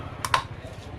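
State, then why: Seated. A plastic impeller stage is fitted onto the centre of a submersible pump shaft and checked. Two short, sharp clicks are heard at 0.3 s and 0.3 s over a low background hum. The impeller locks onto the shaft.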